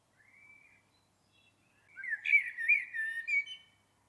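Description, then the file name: Common blackbird song: a soft whistled note first, then a loud, fluty, rolling phrase ending in a brief squeaky flourish. "Turdus merula"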